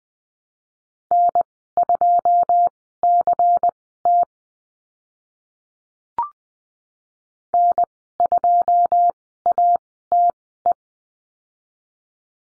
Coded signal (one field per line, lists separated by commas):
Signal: Morse code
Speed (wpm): 20 wpm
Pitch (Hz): 700 Hz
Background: none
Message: N2CT N2ATE